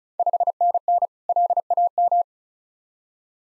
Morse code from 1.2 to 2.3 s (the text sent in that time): LAM